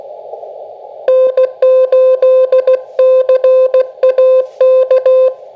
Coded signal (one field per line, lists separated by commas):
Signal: Morse code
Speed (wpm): 16 wpm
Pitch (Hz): 520 Hz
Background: music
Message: N8CAK